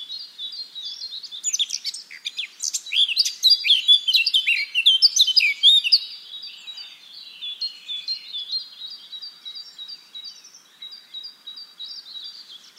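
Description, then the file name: Eurasian blackcap warbling loudly and rapidly with varied chattering and fluty notes for about six seconds, then a softer, thinner twittering that continues to the end. "Sylvia atricapilla"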